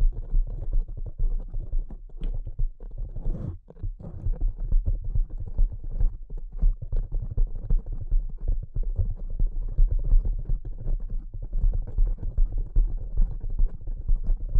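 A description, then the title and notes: Delicate tapping goes on almost without pause, a dense, rapid patter of soft, muffled taps that stays low and dull with little brightness. The level holds fairly even, with brief breaks just before 4 seconds and a sharper click near 2 seconds. ASMR Delicate Tapping (No Talking).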